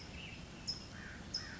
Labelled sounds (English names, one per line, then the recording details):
California Towhee
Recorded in Sonoma County, California